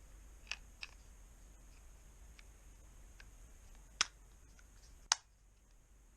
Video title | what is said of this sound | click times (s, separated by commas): Tippmann Cyclone Disassembly & Paddle Replacement - Part II | hear that clicked in twice nice and neat | 4.0 s, 5.1 s